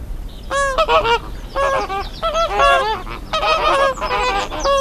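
Greater flamingo honking calls, nasal goose-like notes in quick overlapping bursts that rise and fall, several birds calling over a low background hum.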